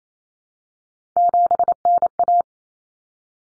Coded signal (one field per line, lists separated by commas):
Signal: Morse code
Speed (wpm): 28 wpm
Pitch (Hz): 700 Hz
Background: none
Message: 7NA